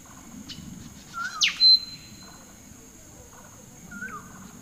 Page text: Rhipidura maculipectus